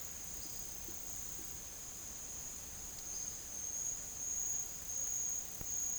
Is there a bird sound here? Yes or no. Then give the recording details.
no. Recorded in secondary vegetation near Puerto Asís, Putumayo, Colombia, on 21 March 2025 at 10:00. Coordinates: 0.489, -76.322. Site G042